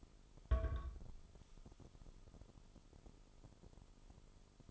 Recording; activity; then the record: daily activity, microphone in the room; place on stove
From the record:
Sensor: 5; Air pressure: 988.4 hPa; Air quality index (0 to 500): 205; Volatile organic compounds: 85 ppm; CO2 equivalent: 3650 ppm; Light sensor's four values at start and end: 48/141/55/60 and 48/141/55/60